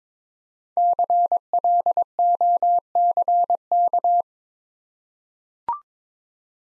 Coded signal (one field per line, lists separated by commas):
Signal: Morse code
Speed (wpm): 22 wpm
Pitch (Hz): 700 Hz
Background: none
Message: CLOCK